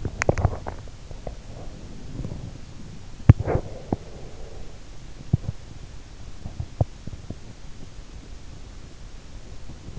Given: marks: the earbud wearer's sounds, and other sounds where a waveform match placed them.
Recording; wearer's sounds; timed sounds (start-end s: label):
sounds in sleep by an in-ear microphone; swallowing, breath, teeth grinding
0.00-0.96 s: swallowing
1.46-4.54 s: breath
3.18-4.14 s: teeth grinding
5.15-7.32 s: teeth grinding